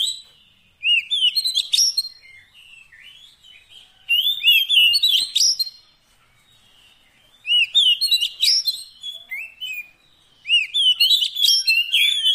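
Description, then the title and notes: Oriental magpie-robin song in several bursts of bright whistles and scratchy chirps, separated by quiet gaps. Fill-in (isian) song meant to make the bird sing loudly (gacor) day and night. "Kacer Jadi Gacor Siang Malam. Isian Kacer"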